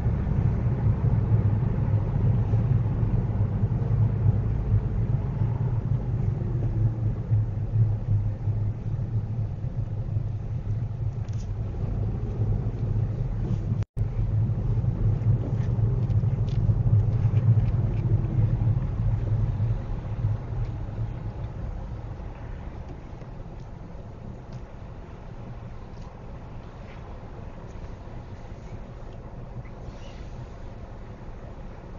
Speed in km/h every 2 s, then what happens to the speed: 21, 18, 13, 11, 10, 10, 13, 16, 11, 8, 5, 0, 0, 0, 0, 0.
0-7 slows to 10. 7-15 steady at about 10. 15-21 slows to 0. 21-32 standing.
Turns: none.